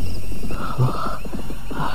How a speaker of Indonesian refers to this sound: Oh, aku mendengar beberapa langkah ekor kuda dari kejauhan. Aduh, apakah orang-orangnya Nyai itu yang mengejarku? Wah, gawat. Aku sudah tidak kuat lagi untuk berlari. Aduh, suara langkah kaki kuda itu semakin dekat saja.